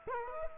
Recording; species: mosquito wingbeat signal from an infrared sensor; Culex quinquefasciatus